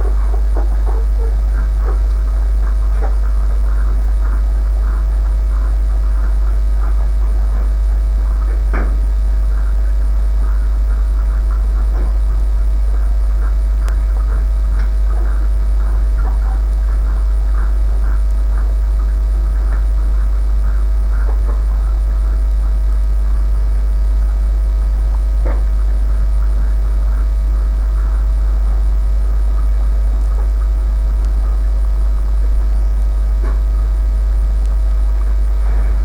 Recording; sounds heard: poultry house recording; sick chickens (respiratory disease)